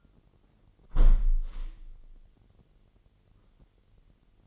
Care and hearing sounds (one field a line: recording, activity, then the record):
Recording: daily activity, microphone in the room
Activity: close window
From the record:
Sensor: 4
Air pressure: 999.0 hPa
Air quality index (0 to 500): 127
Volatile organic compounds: 2 ppm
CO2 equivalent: 1252 ppm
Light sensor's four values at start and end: 8/19/7/8 and 8/19/7/8